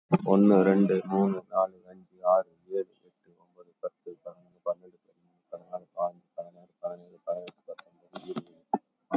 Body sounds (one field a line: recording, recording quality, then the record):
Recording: counting at a normal pace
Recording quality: excellent, no background noise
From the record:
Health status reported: COVID-19 positive, mild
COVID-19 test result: positive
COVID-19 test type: RT-PCR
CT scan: taken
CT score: 0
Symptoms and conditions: cough, cold, hypertension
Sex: male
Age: 50 years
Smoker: no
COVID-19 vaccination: one dose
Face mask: not worn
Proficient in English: yes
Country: India